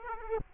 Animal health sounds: mosquito wingbeat signal from an infrared sensor; Aedes aegypti

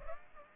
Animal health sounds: mosquito wingbeat signal from an infrared sensor; Aedes aegypti

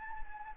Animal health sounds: mosquito wingbeat signal from an infrared sensor; Anopheles gambiae

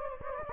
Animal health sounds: mosquito wingbeat signal from an infrared sensor; Anopheles gambiae

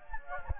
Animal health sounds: mosquito wingbeat signal from an infrared sensor; Anopheles gambiae

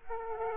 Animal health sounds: mosquito wingbeat signal from an infrared sensor; Aedes aegypti

